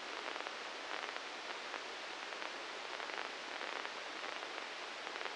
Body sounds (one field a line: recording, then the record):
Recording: brain microelectrode recording played as sound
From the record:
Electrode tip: inside the subthalamic nucleus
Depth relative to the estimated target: -2 mm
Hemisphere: right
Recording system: NeuroSet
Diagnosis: Parkinson's disease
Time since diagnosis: 19 years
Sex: female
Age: 69 years